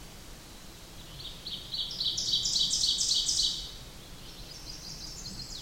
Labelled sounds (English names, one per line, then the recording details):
Ovenbird song
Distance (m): 15 m
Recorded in boreal forest in Alberta, Canada, on 8 June 2016 at 07:01
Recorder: SongMeter 3, array SBT-3-9
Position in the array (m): 48 m, 103 m
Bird 33